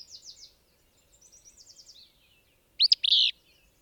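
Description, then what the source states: Willow Flycatcher giving one abrupt, raspy two-note phrase near the end, after soft rapid trills. Same individual as a previous recording, recorded at a range of about 20 feet.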